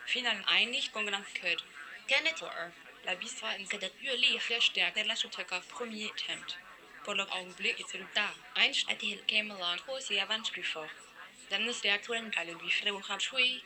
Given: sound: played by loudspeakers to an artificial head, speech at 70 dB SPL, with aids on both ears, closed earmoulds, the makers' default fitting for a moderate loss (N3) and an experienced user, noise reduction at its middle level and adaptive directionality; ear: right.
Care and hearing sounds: speech test signal (ISTS) in cocktail-party noise; +3 dB; in front (0 degrees)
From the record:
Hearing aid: class 1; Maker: I

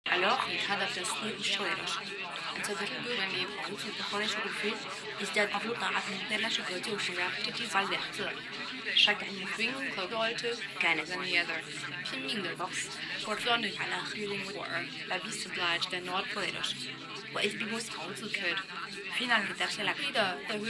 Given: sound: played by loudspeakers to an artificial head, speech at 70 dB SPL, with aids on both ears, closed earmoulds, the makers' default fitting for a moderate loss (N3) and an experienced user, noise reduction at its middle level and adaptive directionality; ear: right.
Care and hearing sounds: speech test signal (ISTS) in cocktail-party noise; 0 dB; in front (0 degrees)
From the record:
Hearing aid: class 1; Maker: E

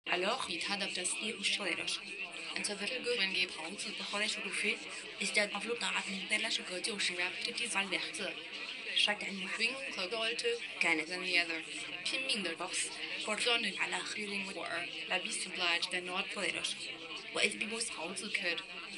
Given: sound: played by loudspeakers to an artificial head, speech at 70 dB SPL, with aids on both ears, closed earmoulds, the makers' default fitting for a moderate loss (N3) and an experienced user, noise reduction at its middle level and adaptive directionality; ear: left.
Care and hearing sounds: speech test signal (ISTS) in cocktail-party noise; +6 dB; in front (0 degrees)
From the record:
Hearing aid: class 2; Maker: C

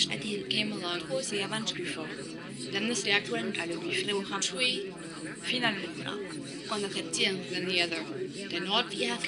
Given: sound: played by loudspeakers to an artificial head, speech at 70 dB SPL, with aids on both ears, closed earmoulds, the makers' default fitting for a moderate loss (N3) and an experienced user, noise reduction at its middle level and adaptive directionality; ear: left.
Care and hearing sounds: speech test signal (ISTS) in cocktail-party noise; -3 dB; in front (0 degrees)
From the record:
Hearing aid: class 2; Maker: B

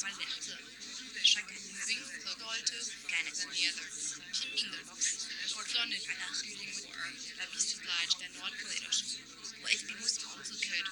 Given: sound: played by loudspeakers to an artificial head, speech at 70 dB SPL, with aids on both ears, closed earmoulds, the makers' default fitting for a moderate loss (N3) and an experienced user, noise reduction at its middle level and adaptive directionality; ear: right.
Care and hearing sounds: speech test signal (ISTS) in cocktail-party noise; -6 dB; on the right (90 degrees)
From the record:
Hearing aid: class 1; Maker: J

